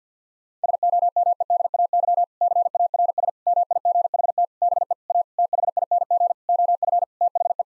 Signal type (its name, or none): Morse code